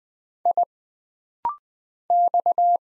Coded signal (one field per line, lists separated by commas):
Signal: Morse code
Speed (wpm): 20 wpm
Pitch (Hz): 700 Hz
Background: none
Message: I X